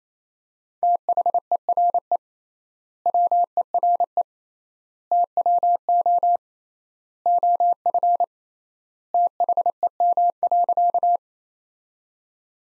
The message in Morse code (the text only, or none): THERE WERE TWO OF THEM.